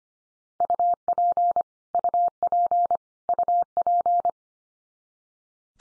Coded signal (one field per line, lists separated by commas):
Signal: Morse code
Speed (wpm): 25 wpm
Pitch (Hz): 700 Hz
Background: none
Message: UP UP UP